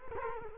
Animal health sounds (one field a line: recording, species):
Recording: mosquito wingbeat signal from an infrared sensor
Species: Culex quinquefasciatus